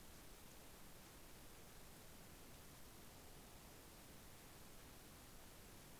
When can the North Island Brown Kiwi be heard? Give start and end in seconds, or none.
none